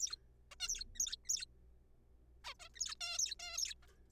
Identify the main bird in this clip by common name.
Zebra Finch